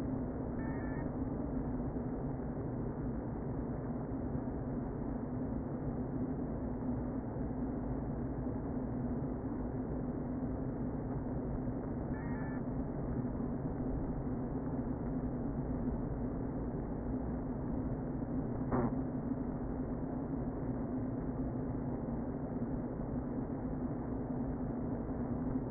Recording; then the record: honeybee colony, microphone inside the hive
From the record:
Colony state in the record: queen present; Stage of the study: before two queens were removed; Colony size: about 60,000 bees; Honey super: yes